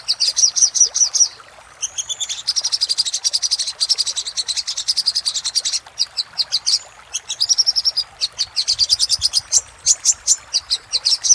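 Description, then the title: Little spiderhunter song, extended bursts of very fast high chattering notes and trills, interrupted by a few short gaps. Master song for training cage birds; labaik variant. "Masteran Burung Sogok Ontong Labaik"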